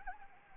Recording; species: mosquito wingbeat signal from an infrared sensor; Anopheles gambiae